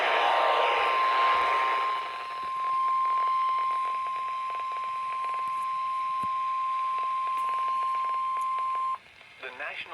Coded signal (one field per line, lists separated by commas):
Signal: Emergency Alert System (SAME) tones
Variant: 1050 Hz attention tone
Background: speech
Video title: radio madness 2 the sequel eas317-363 EAS alerts from 5/19/22